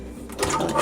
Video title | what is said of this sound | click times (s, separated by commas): How to Make the BEST Homemade Yeast Rolls with a Bread Machine | with your bread maker, you are just going to put your pan in there until it clicks. Okay. | 0.4 s